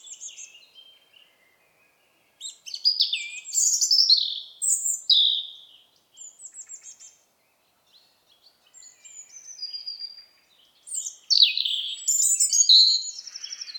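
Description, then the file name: European robin song with repeated bursts of high, liquid warbles and descending trills, each phrase different from the last, broken by brief silences. "Erithacus rubecula"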